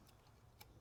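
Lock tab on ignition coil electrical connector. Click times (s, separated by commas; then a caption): 0.6 s. On a 2013–2021 Chevy Trax, the purple lock tab on the ignition coil's electrical connector is pulled back with an angled pick to unlock it. A single small, sharp click sounds at 0.6 s over a steady low hum. The tab releases and the connector is unlocked.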